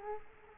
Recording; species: mosquito wingbeat signal from an infrared sensor; Culex quinquefasciatus